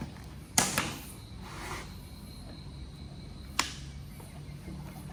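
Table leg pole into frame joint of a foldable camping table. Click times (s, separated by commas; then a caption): 0.6 s, 3.6 s. A leg pole of a Naturehike NH19Z027-Z foldable camping table, the lightest version at 660 g, is pushed into its frame joint and locks in place. Sharp clicks sound at 0.6 s and 3.6 s, with a softer tick just after the first and faint rustling between. The pole seats firmly in the joint.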